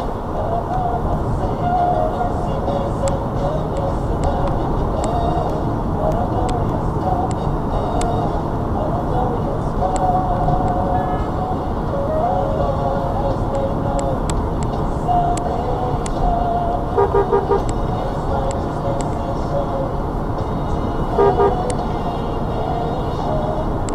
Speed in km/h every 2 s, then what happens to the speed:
64, 64, 66, 68, 68, 68, 66, 66, 66, 66, 66, 66.
0-24 steady at about 66.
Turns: none.